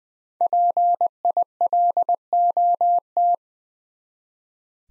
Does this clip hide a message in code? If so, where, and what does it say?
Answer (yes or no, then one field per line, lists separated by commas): yes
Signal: Morse code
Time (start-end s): 0.4-3.4 s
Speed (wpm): 20 wpm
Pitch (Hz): 700 Hz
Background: none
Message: PILOT